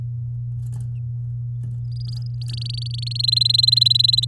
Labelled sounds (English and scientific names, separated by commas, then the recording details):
Domestic Canary (Serinus canaria) song
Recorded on 7 May 2018 at 17:14
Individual llb16